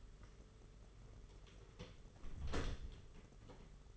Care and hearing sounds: daily activity, microphone in the room; close door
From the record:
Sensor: 4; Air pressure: 992.4 hPa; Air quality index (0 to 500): 113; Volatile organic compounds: 21 ppm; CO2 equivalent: 2734 ppm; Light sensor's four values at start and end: 20/71/26/27 and 21/73/27/28

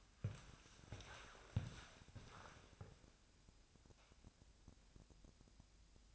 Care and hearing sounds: daily activity, microphone in the room; walk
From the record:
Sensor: 2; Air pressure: 1000.4 hPa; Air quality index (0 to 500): 159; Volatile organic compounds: 3 ppm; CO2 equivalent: 1333 ppm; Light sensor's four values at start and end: 14/38/15/17 and 13/35/14/16

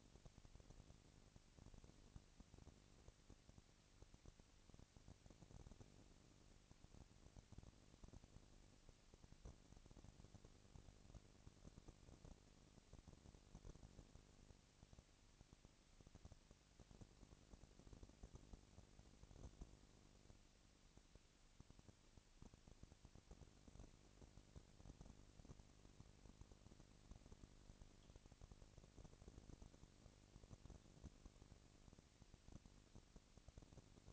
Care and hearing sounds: daily activity, microphone in the room; no activity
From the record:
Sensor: 4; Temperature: 22.4 degrees Celsius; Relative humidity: 31.9%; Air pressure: 998.0 hPa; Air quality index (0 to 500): 203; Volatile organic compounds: 17 ppm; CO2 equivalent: 2573 ppm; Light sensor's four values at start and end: 2/3/1/1 and 2/3/1/1

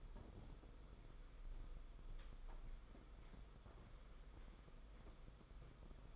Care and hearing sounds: daily activity, microphone in the room; walk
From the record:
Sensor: 5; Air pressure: 990.9 hPa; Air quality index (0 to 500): 149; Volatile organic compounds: 158 ppm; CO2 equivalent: 4056 ppm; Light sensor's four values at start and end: 40/124/47/50 and 40/123/47/50

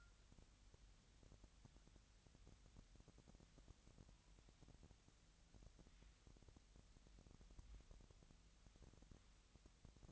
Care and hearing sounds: daily activity, microphone in the room; wipe stove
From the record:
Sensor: 3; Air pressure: 1003.2 hPa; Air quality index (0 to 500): 197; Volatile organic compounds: 6 ppm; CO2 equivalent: 1928 ppm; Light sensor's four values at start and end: 10/23/9/10 and 10/23/10/10

